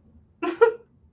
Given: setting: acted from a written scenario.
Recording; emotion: vocal sound without words; amusement